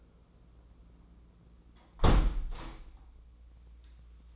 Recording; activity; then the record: daily activity, microphone in the room; close window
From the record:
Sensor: 1